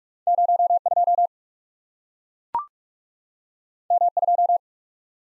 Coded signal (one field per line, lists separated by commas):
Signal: Morse code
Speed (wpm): 44 wpm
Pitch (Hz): 700 Hz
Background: none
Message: 0 2 M 2